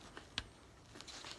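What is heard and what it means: One side of a gray plastic secondary lock is worked out of an LS factory wiring harness connector without breaking it. A faint tick at 0.2 s is followed by a sharp plastic click at 0.4 s as that side pops out, then softer ticks and rustling near 1.0 s. The lock side is released.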